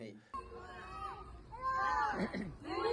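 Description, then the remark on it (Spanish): Excited crowd hubbub at a rocket launch: many overlapping voices chatter and call out with rising, animated pitch, the din swelling louder toward the end of the short stretch. “Se escucha la algarabía.”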